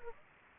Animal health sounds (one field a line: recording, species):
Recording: mosquito wingbeat signal from an infrared sensor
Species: Aedes aegypti